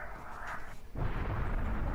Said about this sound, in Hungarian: Valahova megint le lett dobva egy gázbomba, és hál' Istennek nem oda, ahol én vagyok. De ez valahol megint a közelben csapódott be, lehet, hogy megint ugyanoda.